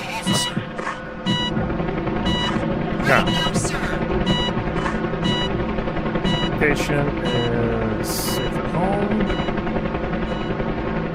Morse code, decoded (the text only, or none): none